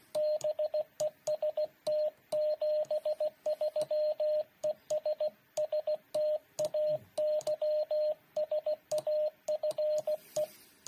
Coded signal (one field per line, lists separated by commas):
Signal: Morse code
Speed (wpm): 16 wpm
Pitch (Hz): 610 Hz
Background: radio noise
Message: BEST 73 ES STAY SAFE